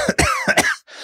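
Two quick, harsh, voiced coughs in a row from an adult man with a lingering cold he has been unable to shake since returning from Chicago.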